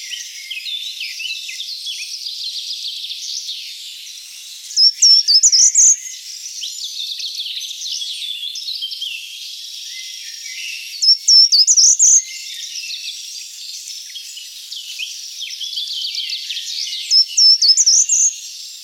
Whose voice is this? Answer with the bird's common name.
Short-toed Treecreeper